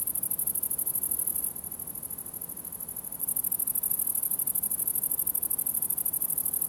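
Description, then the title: Grasshoppers produce a high, pulsing hiss that drops to a quieter level for about two seconds, then returns strongly, with a low rumbling background. Several grasshoppers in a summer ambience at the farm of Villers Abbey, Villers-la-Ville, Belgium; recorded with Sony PCM-D100 internal microphones in wide position. "Ferme de lAbbaye de Villers, 1495 Villers-la-Ville, Belgique - Grasshoppers"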